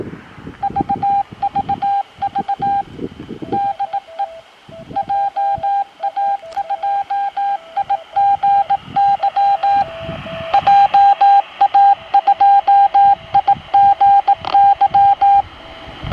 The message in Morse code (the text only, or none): VVV DE JA2IGY JA2IGY